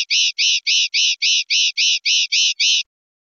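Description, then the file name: European goldfinch song: around ten buzzy, rasping notes repeated at an even, quick pace. "suara burung chardonneret atau goldfinch eropa om kicau"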